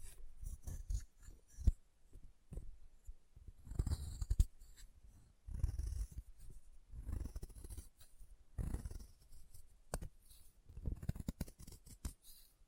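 Chalk being carved and cut in scraping bursts and sharp clicks, low rasping strokes every second or two, with brief quiet gaps.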